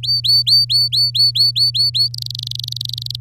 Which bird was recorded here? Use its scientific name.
Serinus canaria